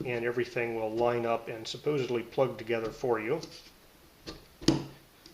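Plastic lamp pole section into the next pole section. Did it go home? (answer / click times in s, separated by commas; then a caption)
yes / 4.7 s. Someone talks while the plastic top cap section of an RGB corner floor lamp is pushed into the middle plastic tube section, past an opening, so the pole pieces line up and plug together. A sharp snap at 4.7 s marks the section seating in place.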